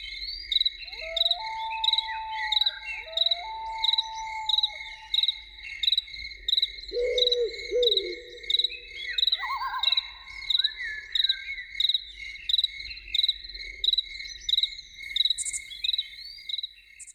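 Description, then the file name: Loon calls: two drawn-out wailing notes, then a short wavering phrase and a rising note, set against a constant pulsing cricket chorus. Evening. "Evening with Loons"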